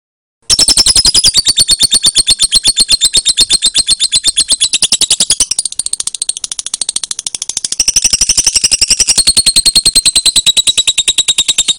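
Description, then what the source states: Lovebird song as a long, rapid, shrill trill lasting over eleven seconds, softening briefly midway before rising again in strength. Lovebird referred to as Putri Mentaya.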